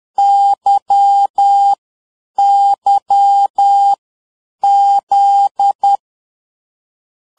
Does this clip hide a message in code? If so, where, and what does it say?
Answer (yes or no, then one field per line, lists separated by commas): yes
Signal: Morse code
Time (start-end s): 0.2-6.0 s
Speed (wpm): 10 wpm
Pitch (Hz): 800 Hz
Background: none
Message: Y Y Z